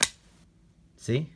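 A folding carbine is folded shut, its barrel closing toward the receiver lock detent with a sharp click at 0.0 s. It closes off to the side without engaging the ball-nub lock, so it is not snapped in. Someone briefly talks near the end.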